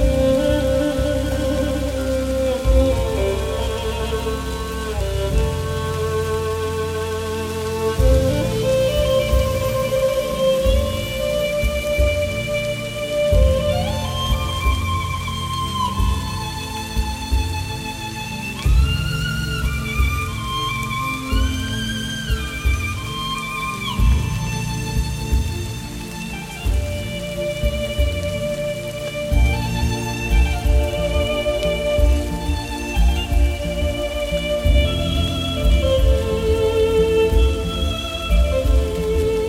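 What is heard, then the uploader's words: Slow, sustained violin lines glide and bend over a steady patter of rain, with soft low thumps recurring throughout. Relaxing violin music with rain sounds for sleeping.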